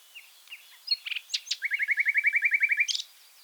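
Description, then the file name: Common nightingale song: a few scattered notes, then a fast, even rattling trill of repeated chirps. "Luscinia megarhynchos"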